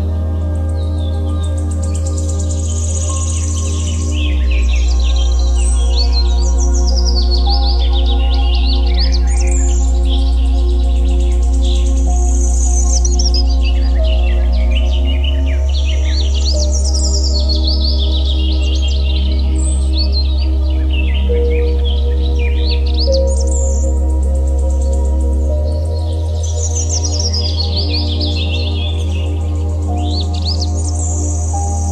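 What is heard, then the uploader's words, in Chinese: A shaded woodland path with birds singing steadily throughout, bright chirps and trilling calls overlapping in clusters. Beneath them runs a deep, sustained humming drone that shifts pitch around 4, 15 and 26 seconds, with softer steady tones layered above it. 林荫小道 自然之声。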